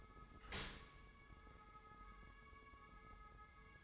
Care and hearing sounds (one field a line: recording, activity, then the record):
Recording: daily activity, microphone in the room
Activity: open dishwasher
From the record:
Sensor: 3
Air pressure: 1015.0 hPa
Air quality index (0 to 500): 40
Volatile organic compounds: 1 ppm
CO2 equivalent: 594 ppm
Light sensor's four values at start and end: 11/26/11/11 and 12/26/11/11